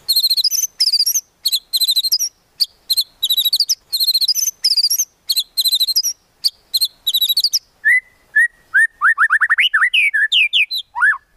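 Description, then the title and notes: White-rumped shama song: dense, fast series of high chattering whistles, shifting after eight seconds to lower, rising and falling whistled notes in a rapid, varied run. Lure used for trapping birds. "Pikat Murai Batu Durasi Panjang. Burung Murai Batu"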